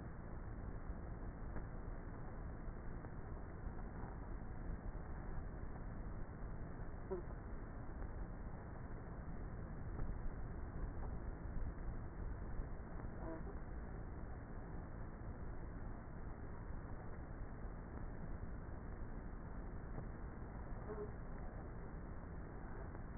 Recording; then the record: honeybee colony, microphone inside the hive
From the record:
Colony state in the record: queenless with a low population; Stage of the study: before two queens were removed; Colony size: about 30,000 bees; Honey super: no